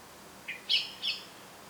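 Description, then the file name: Eurasian blackbird giving three short calls, a lower note followed by two sharp, high chinks. "Turdus merula"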